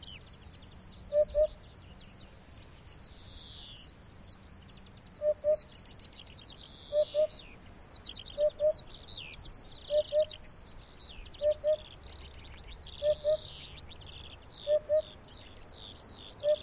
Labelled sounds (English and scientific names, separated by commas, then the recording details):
Eurasian Hoopoe (Upupa epops)
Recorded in the wild
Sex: male
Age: adult
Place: NSG Schönower Heide, Naturpark Barnim, Brandenburg, DE
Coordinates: 52.6864, 13.5175
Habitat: meadow
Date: 2011-05-22
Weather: sunny, 15°C, weak easterly winds
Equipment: Sound Devices 702, Sennheiser MKH 70, Rycote Windschutz
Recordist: Frommolt, Karl-Heinz